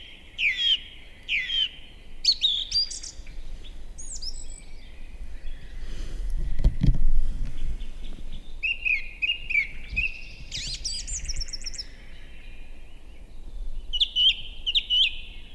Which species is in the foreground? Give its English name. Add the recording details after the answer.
Song Thrush. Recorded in the wild. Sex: male. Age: adult. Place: Bernau bei Berlin, Barnim, Brandenburg, DE. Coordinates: 52.6958, 13.5256. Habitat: wood. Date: 2007-04-07 19:54. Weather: fair, 10°C, almost no wind. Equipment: Sound Devices 702, Sennheiser MKH 70, Windkorb. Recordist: Frommolt, Karl-Heinz. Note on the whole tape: Rieselfläche bei Waldfrieden: Gesang. Entfernung 10 m. Tier sang in Pappel, war völlig frei zu sehen. Tier gesehen. Ununterbrochene Aufnahme, endet mit Abflug der Drossel